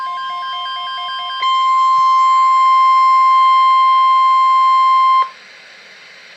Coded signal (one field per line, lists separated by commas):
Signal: Emergency Alert System (SAME) tones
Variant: 1050 Hz attention tone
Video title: Severe Thunderstorm Watch (EAS#163)